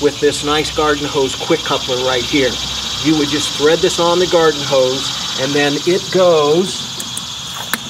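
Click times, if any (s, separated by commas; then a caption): 7.7 s. A garden hose quick coupler, threaded onto the garden hose, is pushed onto the water inlet fitting of a pressure washer while someone talks. A sharp click at 7.7 s marks the coupler snapping home and seating on the inlet.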